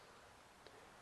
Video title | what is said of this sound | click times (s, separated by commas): RRA How to assemble a Bolt | Using the needle nose pliers, when you slightly put pressure onto the spring, you'll feel it snap into place. | 0.7 s